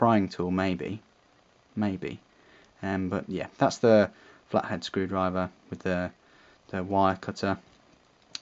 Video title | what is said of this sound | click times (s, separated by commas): Victorinox Soldier (2008) review | that locks into place and it's a can a bottle opener yeah | 8.3 s